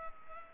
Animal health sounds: mosquito wingbeat signal from an infrared sensor; Culex pipiens

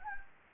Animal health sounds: mosquito wingbeat signal from an infrared sensor; Anopheles gambiae

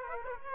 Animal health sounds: mosquito wingbeat signal from an infrared sensor; Aedes aegypti

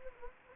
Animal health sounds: mosquito wingbeat signal from an infrared sensor; Anopheles gambiae

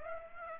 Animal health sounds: mosquito wingbeat signal from an infrared sensor; Aedes aegypti

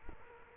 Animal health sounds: mosquito wingbeat signal from an infrared sensor; Culex quinquefasciatus

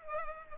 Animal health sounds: mosquito wingbeat signal from an infrared sensor; Culex pipiens

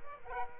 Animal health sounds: mosquito wingbeat signal from an infrared sensor; Aedes aegypti

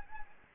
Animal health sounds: mosquito wingbeat signal from an infrared sensor; Anopheles gambiae

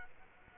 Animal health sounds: mosquito wingbeat signal from an infrared sensor; Culex quinquefasciatus

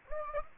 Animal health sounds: mosquito wingbeat signal from an infrared sensor; Anopheles gambiae

